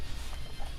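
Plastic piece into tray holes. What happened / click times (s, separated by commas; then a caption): The plastic piece is being handled but has not snapped in yet / none. A plastic piece is handled and lined up with two small holes in a tray, giving a low, steady rumble with faint, soft handling noise. The clip ends before the piece goes home, and nothing has seated or clicked yet.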